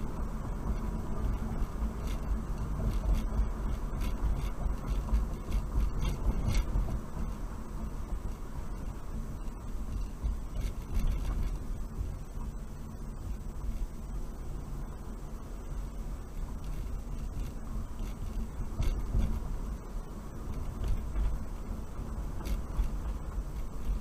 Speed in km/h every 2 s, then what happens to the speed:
40, 39, 37, 34, 31, 27, 24, 26, 29, 29, 31, 31.
0-12 slows to 24. 12-24 steady at about 29.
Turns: none.